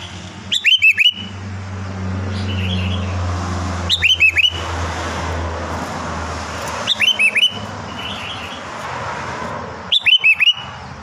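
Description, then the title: Sooty-headed bulbul singing brief chattering, bubbly whistled phrases about every three seconds, four phrases in all, with a steady low hum underneath. "Kutilang"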